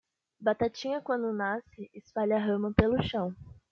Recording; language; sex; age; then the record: short text; Brazilian Portuguese; female; 18 to 19 years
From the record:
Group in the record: control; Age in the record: 18 years